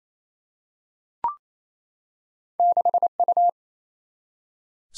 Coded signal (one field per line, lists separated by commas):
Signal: Morse code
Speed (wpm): 28 wpm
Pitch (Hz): 700 Hz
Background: none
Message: 6U